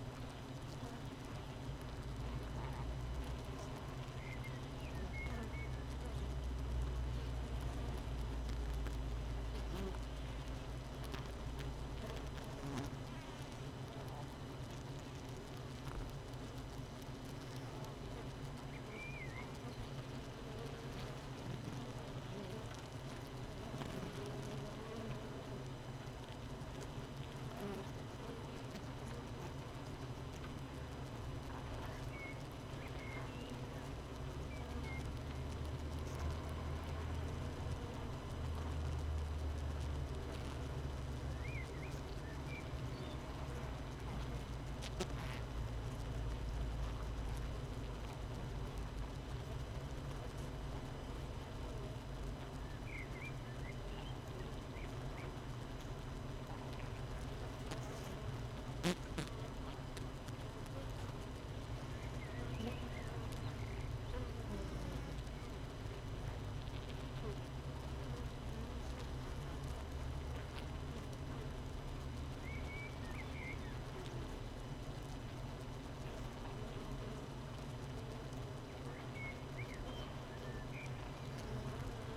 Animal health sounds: honeybee colony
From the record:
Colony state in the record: missing queen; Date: 31 May 2018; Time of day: 7:26

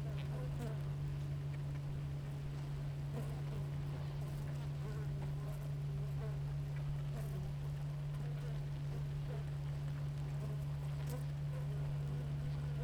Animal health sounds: honeybee colony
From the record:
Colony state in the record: active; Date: 28 July 2017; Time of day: 6:25

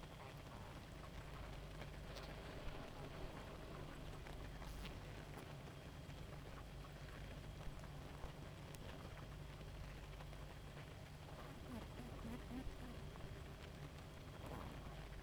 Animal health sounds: honeybee colony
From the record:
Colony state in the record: active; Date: 28 July 2017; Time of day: 0:40

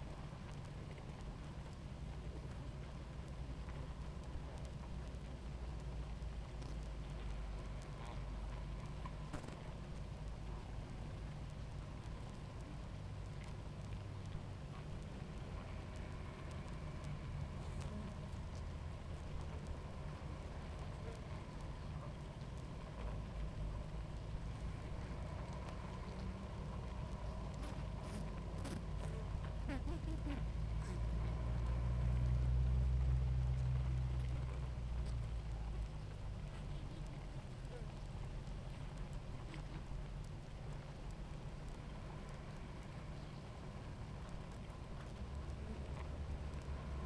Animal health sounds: honeybee colony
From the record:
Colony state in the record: active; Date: 28 July 2017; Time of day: 18:04

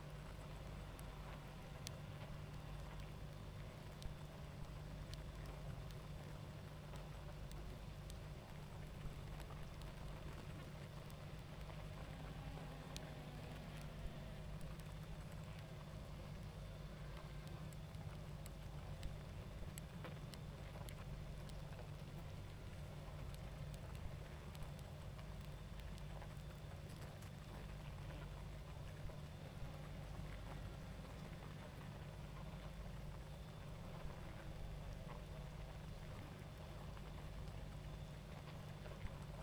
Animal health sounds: honeybee colony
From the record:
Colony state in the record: active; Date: 28 July 2017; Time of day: 21:45

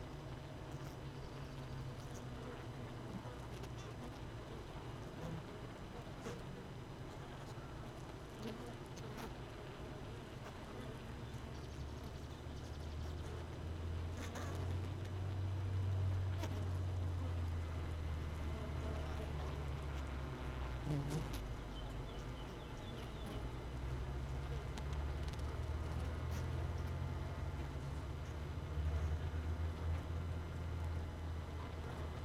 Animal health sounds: honeybee colony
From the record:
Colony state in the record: missing queen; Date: 31 May 2018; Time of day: 17:32

